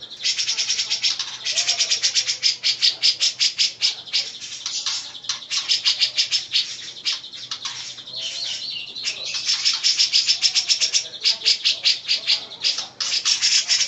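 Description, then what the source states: Grey-cheeked bulbul chattering almost continuously, fast harsh repeated notes in irregular bursts throughout. Female.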